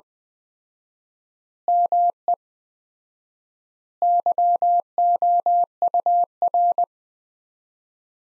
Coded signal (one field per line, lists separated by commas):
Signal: Morse code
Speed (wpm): 21 wpm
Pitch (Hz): 700 Hz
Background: none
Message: ME YOUR